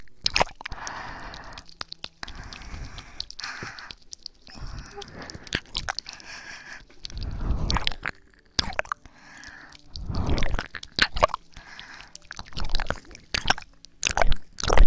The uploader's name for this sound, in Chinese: 舔耳+口腔音